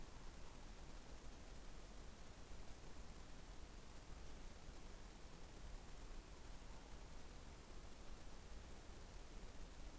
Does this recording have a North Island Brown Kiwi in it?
no